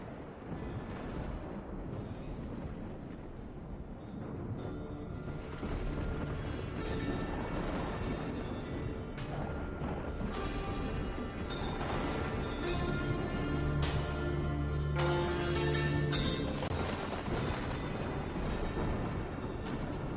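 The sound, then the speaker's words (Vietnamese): Heavy thunder rolls on without pause under a pitch-black sky with lightning, a deep, loud rumble broken again and again by sharp, crackling bursts. No voices are heard. “Dưới bầu trời đen xì xì, tiếng sấm sét bắt đầu vang lên dữ dội.”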